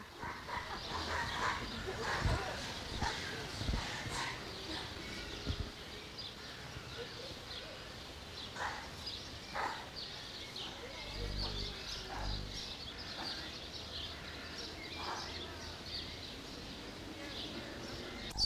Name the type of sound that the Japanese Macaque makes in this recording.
aggressive call